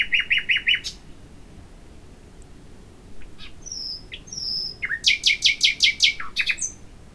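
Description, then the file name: Common nightingale song with a short rapid trill, quiet thin whistles, then a loud fast rattling phrase of repeated harsh notes ending in a brief flourish. "Luscinia megarhynchos"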